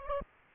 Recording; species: mosquito wingbeat signal from an infrared sensor; Aedes aegypti